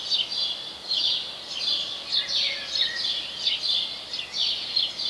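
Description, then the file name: House sparrow chirping, a run of short, bright chirps a little under a second apart against faint background hiss. "Passer domesticus"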